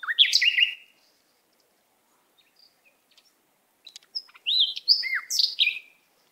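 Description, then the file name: Canary giving scattered song fragments: a burst of tumbling notes, a long near-silent gap with soft ticks, then several bright sliding whistled chirps. "Canary Voice"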